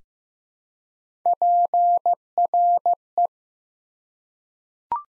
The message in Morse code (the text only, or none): PRE